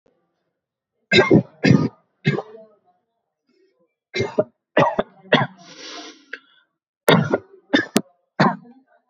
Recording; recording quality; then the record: shallow voluntary cough; excellent, no background noise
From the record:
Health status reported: healthy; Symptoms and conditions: none ticked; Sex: male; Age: 26 years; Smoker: not ticked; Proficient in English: yes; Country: India